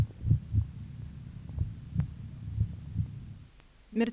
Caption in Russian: Нарушение ритма сердца. Обычно это производится при аускультации в первой точке. При экстрасистолии на фоне правильного ритма слышны одиночные преждевременные сокращения сердца, после которых следует компенсаторная пауза. В момент экстрасистолы можно определить усиление первого тона по сравнению с предшествующими циклами.